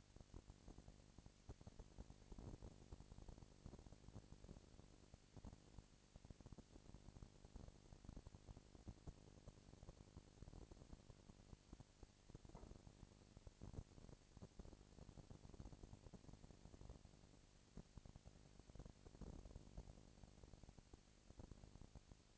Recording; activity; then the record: daily activity, microphone in the room; no activity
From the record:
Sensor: 5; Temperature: 20.1 degrees Celsius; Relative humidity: 38.3%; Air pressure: 998.9 hPa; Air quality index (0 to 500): 218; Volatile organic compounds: 24 ppm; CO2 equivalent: 2805 ppm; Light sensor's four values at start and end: 2/3/1/1 and 2/3/1/1